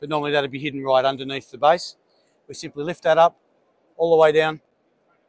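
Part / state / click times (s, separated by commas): telescoping column of a table base locking at its lowest height stop / not seated / none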